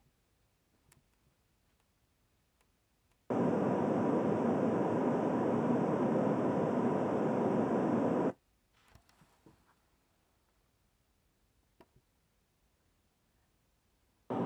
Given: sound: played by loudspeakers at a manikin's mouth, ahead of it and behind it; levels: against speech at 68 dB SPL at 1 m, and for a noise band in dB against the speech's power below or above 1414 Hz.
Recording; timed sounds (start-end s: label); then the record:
test signals for a remote microphone
3.30-8.30 s: speech-spectrum noise from the mouth, facing ahead
14.30-14.46 s: speech-spectrum noise from the mouth, turned 45 degrees right
From the record:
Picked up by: measurement microphone